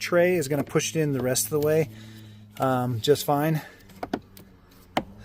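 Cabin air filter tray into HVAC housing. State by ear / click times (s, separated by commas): seated / 4.0 s, 4.1 s, 4.4 s, 5.0 s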